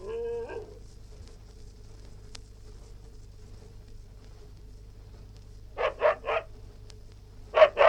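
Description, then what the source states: West Highland white terrier opening with a brief tonal whine, then a quiet gap before two quick runs of sharp, high barks near the end, over a low hum. Barking, recorded indoors.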